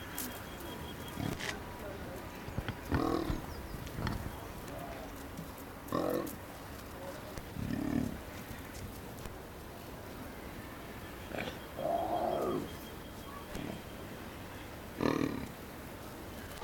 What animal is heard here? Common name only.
Leopard